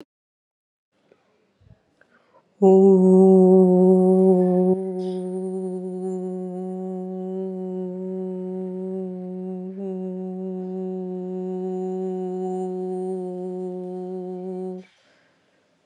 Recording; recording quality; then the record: sustained vowel as in boot; excellent, no background noise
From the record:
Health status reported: COVID-19 positive, mild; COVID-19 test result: positive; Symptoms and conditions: cough, fatigue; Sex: female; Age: 38 years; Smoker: not ticked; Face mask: not worn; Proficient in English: yes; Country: India